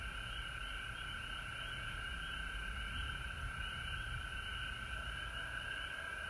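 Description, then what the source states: A frog chorus hums steadily with high trilling, backed by a low rumbling noise. Recorded at home in Georgia on March 19, 2020.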